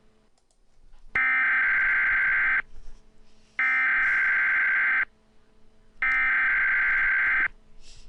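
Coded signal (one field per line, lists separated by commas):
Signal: Emergency Alert System (SAME) tones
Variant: header bursts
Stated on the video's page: Mock EAS alert, a fictional recreation.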